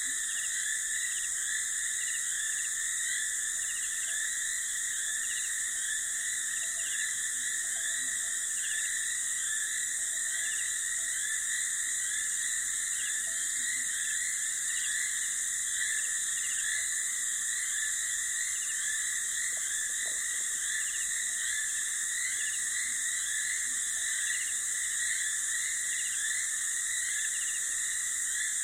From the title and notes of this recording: Durational audio recording of the sound environment around a dry stretch of the Limpopo River in South Africa at the beginning of the rainy season. The recording begins just before dusk and continues through late morning.